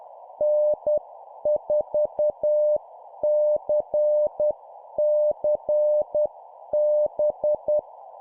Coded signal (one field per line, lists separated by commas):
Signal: Morse code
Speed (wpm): 10 wpm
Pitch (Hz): 600 Hz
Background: none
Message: N4CCB